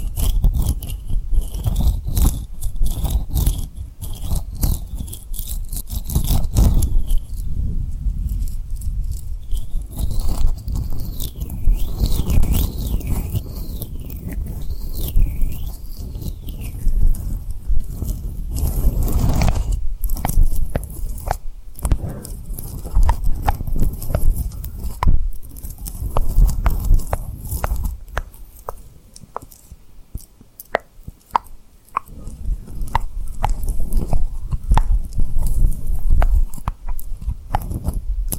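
Tapping and rubbing on rhinestones, with dense crackly scratching and quick sharp taps scattered throughout. A low rumble swells and fades under the texture, and a faint wavering whistle-like tone rises and falls between about 10 and 17 seconds.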